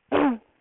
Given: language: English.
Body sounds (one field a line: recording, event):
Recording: throat vibration sensor signal played as sound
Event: throat clearing